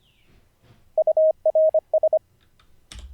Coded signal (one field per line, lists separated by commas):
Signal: Morse code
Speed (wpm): 25 wpm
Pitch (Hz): 630 Hz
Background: none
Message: URS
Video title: How to Learn Morse Code (Day 45)